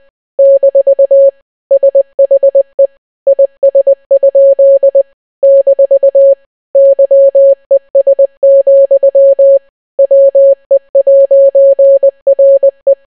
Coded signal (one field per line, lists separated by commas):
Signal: Morse code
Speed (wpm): 20 wpm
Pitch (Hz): 550 Hz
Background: none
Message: - SHE IS? - YES, WE'RE